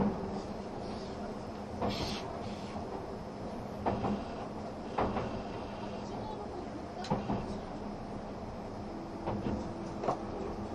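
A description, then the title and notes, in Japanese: Running sound of the Spacia X limited express train: a steady, dense low rumble and rush fills the whole recording. Sharp clacks and thumps from the rails come at irregular intervals, around 2, 4, 5, 7 and 9–10 seconds, with a faint held tone near the end. 東武N100系 スペーシア07号 01/01:浅草～鬼怒川温泉。その車両の最長運用となる特急＂スペーシアＸ07号＂の列車走行音。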